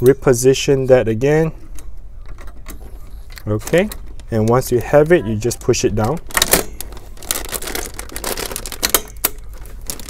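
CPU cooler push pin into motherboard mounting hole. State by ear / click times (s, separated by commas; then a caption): seated / 6.4 s, 6.5 s, 7.3 s, 8.8 s, 8.9 s, 9.2 s. A stock CPU cooler's plastic push pins are pressed down into the mounting holes of an Asus Prime B560M motherboard during an Intel i5 LGA1200 setup. Someone talks at the start, then sharp clicks are heard at 6.4, 6.5, 7.3, 8.9, 8.9 and 9.2 seconds. The push pins click in and the cooler is seated.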